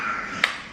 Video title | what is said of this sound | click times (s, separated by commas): GB POCKIT STROLLER - FIRST IMPRESSION - UNBOXING | you push that until you hear a little click then | 0.4 s